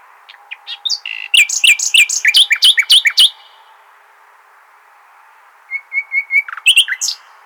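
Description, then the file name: Common nightingale delivering a loud, rich phrase of rapidly repeated chirping notes, a pause, then a softer series of whistled notes and more chirps. "Luscinia megarhynchos"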